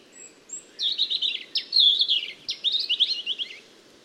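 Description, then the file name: European robin singing a fast, liquid phrase of high twittering notes and downward-sliding whistles in quick bursts, over a soft steady hiss. "Erithacus rubecula"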